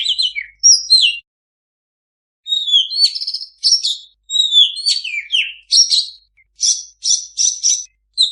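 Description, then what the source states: Oriental magpie-robin giving a few whistled notes, a pause of about a second, then varied whistles ending in repeated harsh buzzy notes. Energetically singing (gacor) kacer used as a master recording to train kacer that do not sing (bisu).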